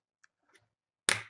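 Fingers on the screen side pry up the plastic LCD bezel of an HP G60-535dx laptop display lid. Two faint ticks come at about 0.2 and 0.6 s, then a loud, sharp snap at 1.1 s with a short decaying rattle. The bezel's plastic retaining clips snap loose, which is a good sign that the frame is coming off.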